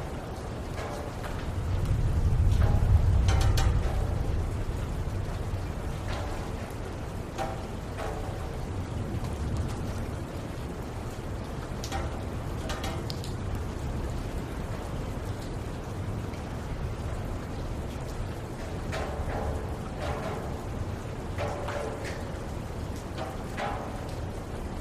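Steady rain hisses throughout with a deep low rumble swelling early on, while scattered brief splashes and knocks punctuate the dense wash.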